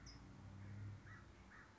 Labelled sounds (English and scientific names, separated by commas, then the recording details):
California Towhee (Melozone crissalis)
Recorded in Sonoma County, California